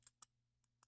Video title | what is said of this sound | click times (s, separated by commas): I Used to Hate This...So Why Did I Buy it Again? (Burlington Hunt) | They kind of like lock into place, which is pretty cool, but | 0.2 s